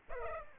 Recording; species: mosquito wingbeat signal from an infrared sensor; Aedes aegypti